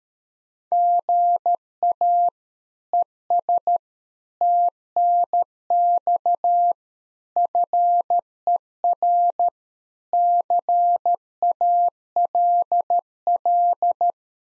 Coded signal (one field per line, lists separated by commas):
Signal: Morse code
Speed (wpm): 13 wpm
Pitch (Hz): 700 Hz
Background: none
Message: GA ES TNX FER CALL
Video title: Practice QSO - Exchange 1- Beginning - 13wpm